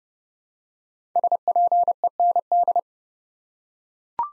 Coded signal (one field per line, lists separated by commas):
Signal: Morse code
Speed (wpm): 30 wpm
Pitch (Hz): 700 Hz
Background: none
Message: SPEND